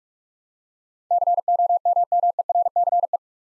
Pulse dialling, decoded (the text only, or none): none